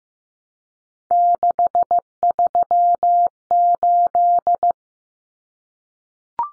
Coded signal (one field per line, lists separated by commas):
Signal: Morse code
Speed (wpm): 15 wpm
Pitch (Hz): 700 Hz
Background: none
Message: 638